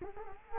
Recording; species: mosquito wingbeat signal from an infrared sensor; Culex quinquefasciatus